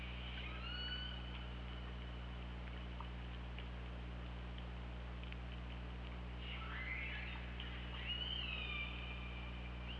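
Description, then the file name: Killer whale calls, rising and falling tonal sweeps with harmonics, one near the start and a longer run of overlapping calls toward the end, over steady low underwater hum. Hydrophone recording from OrcaLab, 24 August 2017, 21:20. "Orca Lab UTLN JASON 20170824 212030"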